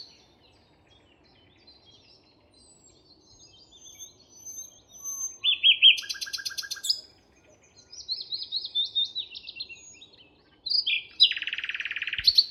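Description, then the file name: Common nightingale singing: soft, thin drawn-out whistles build into loud, fast trills and rattling phrases, ending in a harsh, buzzy churr. "Luscinia megarhynchos"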